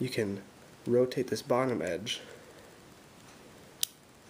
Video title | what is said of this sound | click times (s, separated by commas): The Illusion Locket Review (locket from The Illusionist) | and it clicks right into a heart which then | 3.8 s